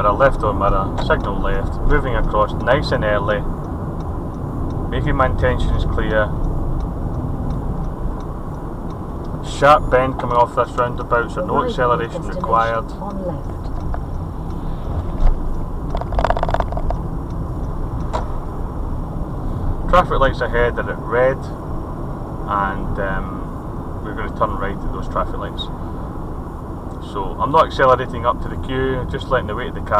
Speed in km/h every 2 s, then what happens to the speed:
42, 39, 40, 40, 37, 35, 34, 34, 31, 32, 37, 39, 37, 35, 34.
0-15 slows to 31.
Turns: 7-11, 13-18.